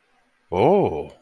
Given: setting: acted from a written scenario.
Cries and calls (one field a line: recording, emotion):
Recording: vocal sound without words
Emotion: romantic love